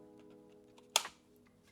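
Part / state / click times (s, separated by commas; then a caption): detachable controller into handheld console side rail / seated / 1.0 s. A detachable controller is clipped onto the side rail of a Nintendo Switch 2 handheld game console, with one sharp, loud click at 1.0 s followed by a short ringing tail over a faint steady background hum. The controller seats firmly in place.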